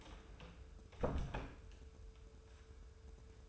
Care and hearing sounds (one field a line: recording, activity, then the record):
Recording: daily activity, microphone in the room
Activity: close door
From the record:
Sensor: 2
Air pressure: 1015.0 hPa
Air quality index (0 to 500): 129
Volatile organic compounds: 4 ppm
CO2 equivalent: 1649 ppm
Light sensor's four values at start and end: 13/35/14/15 and 13/35/14/15